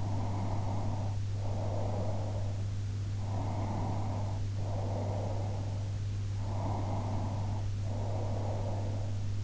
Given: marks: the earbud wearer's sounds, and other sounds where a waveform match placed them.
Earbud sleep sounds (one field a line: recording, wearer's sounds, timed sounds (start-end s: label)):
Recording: sounds in sleep by an in-ear microphone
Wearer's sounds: breath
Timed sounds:
0.00-2.59 s: breath
3.30-5.84 s: breath
6.64-9.10 s: breath